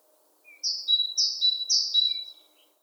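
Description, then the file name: Great tit giving three rhythmic two-note units, a high note sliding into a steady lower whistle, preceded and followed by a faint short lower note. "Parus major"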